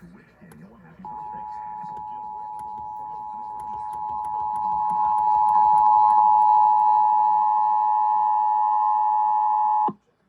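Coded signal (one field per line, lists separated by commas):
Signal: Emergency Alert System (SAME) tones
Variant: 853 and 960 Hz attention tone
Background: speech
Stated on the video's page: Required Monthly Test received via DX reception on FM 96.3 MHz and AM 1200 kHz stations from Dallas and San Antonio, Texas.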